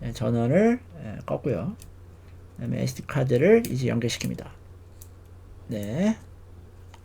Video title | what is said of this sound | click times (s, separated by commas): 크로스 컴파일러를 설치하고 부팅용 SD카드 만들기 | 딸깍 소리가 날 때까지 눌러줬고요. | 6.9 s